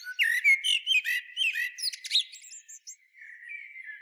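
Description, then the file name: Common blackbird song: a rich run of mellow fluted notes mixed with sharp high twitters, fading into soft thin warbling. "Turdus merula"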